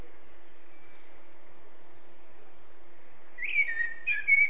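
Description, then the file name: Eurasian blackbird giving a brief burst of song near the end, rich whistled notes mixed with high twittering, after a quiet stretch of faint background hiss. "Turdus merula"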